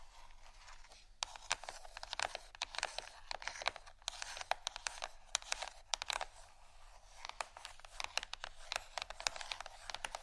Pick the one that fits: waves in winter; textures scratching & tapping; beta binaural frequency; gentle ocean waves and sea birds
textures scratching & tapping